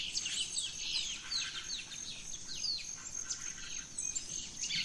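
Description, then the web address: Birds in a dawn chorus: many overlapping high chirps and quick down-slurred notes, with a steady high insect whine running throughout. Dawn chorus in rainforest at Gran Sabana, Venezuela. "naturescapes Birds in the Rainforest 03 Dawn Venezuela Gran Sabana"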